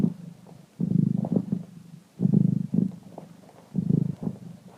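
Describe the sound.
Purring cat, low vibrating rumble in three strong surges, each lasting under a second with softer purring between.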